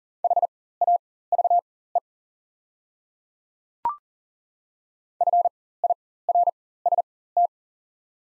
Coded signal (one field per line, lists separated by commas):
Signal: Morse code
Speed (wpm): 40 wpm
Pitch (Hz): 700 Hz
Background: none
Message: HAVE FIRST